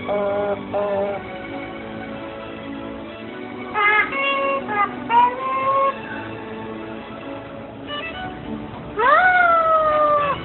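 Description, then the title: Asian pied starling singing loud, nasal, harmonic notes, some sliding upward and then holding level, in uneven bursts over a low background rumble. "jalak_suren"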